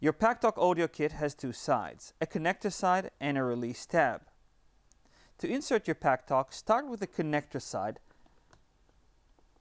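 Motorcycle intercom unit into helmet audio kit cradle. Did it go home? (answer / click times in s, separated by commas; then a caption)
no / none. A Cardo PACKTALK Bold motorcycle intercom unit is lined up on the connector side of its helmet audio kit cradle, which has a connector side and a release tab, before being pressed home. Someone talks throughout, with only faint small sounds between phrases. Nothing has seated or clicked yet.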